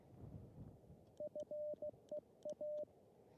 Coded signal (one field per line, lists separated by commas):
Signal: Morse code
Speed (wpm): 16 wpm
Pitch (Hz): 600 Hz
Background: radio noise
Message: FEA